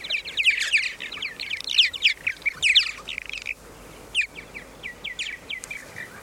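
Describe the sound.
Purple martin song: dense bursts of chirpy, gurgling notes, fading into scattered short chirps in the second half.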